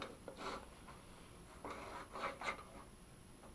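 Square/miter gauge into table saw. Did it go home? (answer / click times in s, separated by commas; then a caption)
no / none. A cheap square or miter gauge is handled on a worn Ryobi RTS20 table saw as someone tries to set it, giving faint rubbing and small taps near 0.0 and 0.3 seconds. No clear latch click is heard, and nothing has seated or clicked yet: the square does not lock in.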